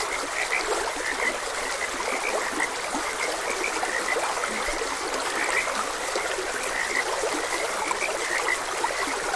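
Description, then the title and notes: Frog chorus of rapid, clicky croaks, set against continuous trickling water. Frogs croaking beside a gentle stream. "Frogs Croaking. Sleep and Relaxation Podcast"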